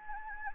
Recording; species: mosquito wingbeat signal from an infrared sensor; Anopheles gambiae